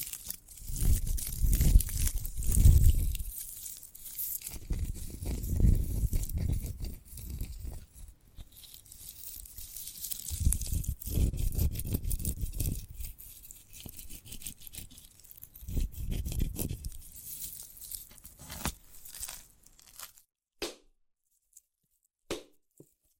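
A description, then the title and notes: Scratchy tearing and crinkling at a sprouted coconut, with deep thumping bursts every few seconds, then near silence with a few clicks after twenty seconds. ASMR of a Sprouted Coconut (No Talking).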